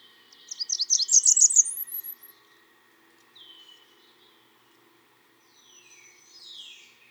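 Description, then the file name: Blackburnian warbler song: a quick run of piercing high notes swelling and then rising to an extremely high ending; later, softer downslurred whistles. "song Christopher-Mc Pherson-Blackburnian-Warbler-Setophaga-fusca"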